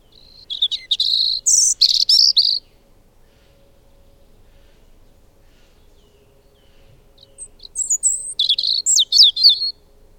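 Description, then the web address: Bird song: two bursts of rapid, high chattering and trilled notes, separated by roughly five seconds of quiet with a faint low hum. "madarak enek"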